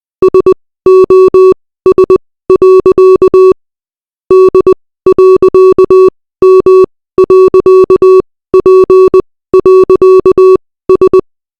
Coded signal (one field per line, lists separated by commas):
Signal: Morse code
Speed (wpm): 20 wpm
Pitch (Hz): 380 Hz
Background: none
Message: SOS. D.M.P.S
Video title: Morse Code